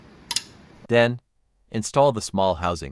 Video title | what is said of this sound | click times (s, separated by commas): How to install the BMW glow plug relay or preheating control unit #bmw #e87 #e90 #n47 | install the big housing and push until you hear the clicks | 0.3 s, 0.4 s